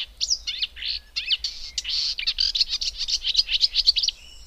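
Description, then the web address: Marsh warbler singing a continuous hurried medley of slurred whistles, chirps and rasping notes, delivered in rapid pulses several times per second. "agykontroll Madardalok Cd 2. Énekes nádiposzáta"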